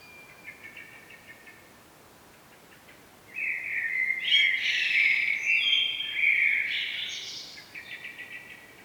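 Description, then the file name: Common blackbird calling with a loud, rich warbled phrase, framed before and after by faint, quick rattling notes. "Turdus merula"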